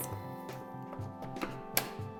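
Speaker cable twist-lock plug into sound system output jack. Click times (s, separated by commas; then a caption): 1.8 s. A twist-lock speaker cable plug is lined up by its prongs with the black insert on a sound system's output jack and twisted into place, over a steady tonal background with a pulsing low hum. A faint tick comes at 1.4 s, then a sharp click at 1.8 s as the plug seats.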